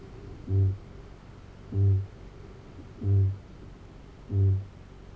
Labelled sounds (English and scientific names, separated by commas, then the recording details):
Kākāpō (Strigops habroptilus) boom
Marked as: faintness 2/5
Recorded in New Zealand
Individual Arab